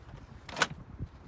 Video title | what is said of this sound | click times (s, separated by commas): Britax Boulevard ClickTight Install CANADA | listen for the audible click, | 0.6 s